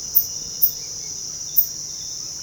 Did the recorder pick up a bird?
yes